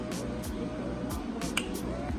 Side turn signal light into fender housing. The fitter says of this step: and it should snap right in so